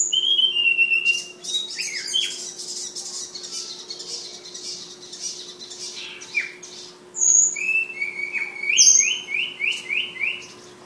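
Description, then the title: Flowerpecker song: high whistles, then long scratchy twittering chatter, then a neat run of several quick rising slurred notes; constant low hum. Bird named Ababil, from Kudus. "Tledekan/Sulingan ABABIL"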